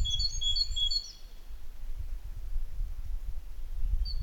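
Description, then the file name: Great tit song: three quick two-note phrases at the start, then near silence with low background rumble and one faint high note at the end. "Parus major"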